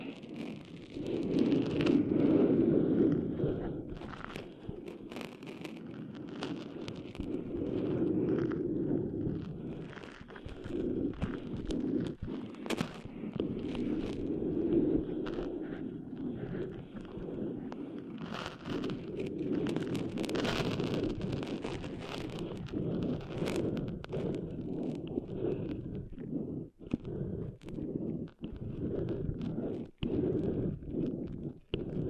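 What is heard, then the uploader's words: Sand is being cleaned out of ears, heard as a dense, muffled rubbing and rumbling that runs the whole time without pause. Frequent sharp clicks and scratches pop through it irregularly, and the loudness stays fairly even, dipping briefly near the end. ASMR Cleaning Sand Out of Your Ears (No Talking).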